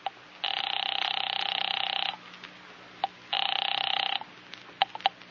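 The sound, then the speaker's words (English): A call from an outside phone booth to police headquarters rings twice over the line. Each ring is a long, rapidly trilling electronic buzz, the second shorter, followed by a few sharp clicks with no one speaking. “You drive quickly to an outside phone booth, half a block from Central Publishing.”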